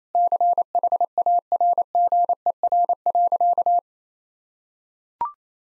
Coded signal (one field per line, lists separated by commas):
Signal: Morse code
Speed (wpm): 28 wpm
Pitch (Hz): 700 Hz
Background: none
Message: CHARGER.